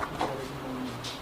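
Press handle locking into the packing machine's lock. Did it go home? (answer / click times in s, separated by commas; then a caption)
no / none. The handle of a scrubber packing machine's heat-sealing press is handled as the press is being closed toward its lock, heard as a low steady hum with soft handling noises and a slightly louder rustle near 0.2 s. Nothing has clicked yet, and the press handle has not locked shut by the end of the clip.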